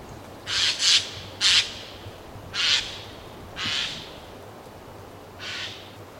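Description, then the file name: Eurasian jay giving six harsh, rasping screeches in irregular sequence over a steady background hiss. "Garrulus glandarius"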